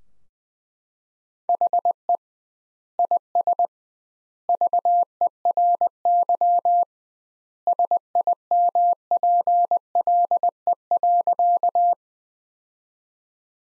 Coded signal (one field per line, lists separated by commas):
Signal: Morse code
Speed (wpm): 20 wpm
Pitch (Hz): 700 Hz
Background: none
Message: HE IS VERY SIMPLE.